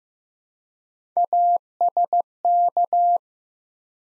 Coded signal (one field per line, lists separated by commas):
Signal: Morse code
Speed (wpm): 15 wpm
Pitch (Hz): 700 Hz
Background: none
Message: ASK